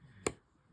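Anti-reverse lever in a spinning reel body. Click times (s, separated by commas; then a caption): 0.3 s. During service and reassembly of an Ozark Trail 5000 spinning reel, the anti-reverse lever in the reel body is held in place and flipped the other way. A single sharp click sounds at 0.3 s as the lever locks into position, where it stays put until the side cover goes back on.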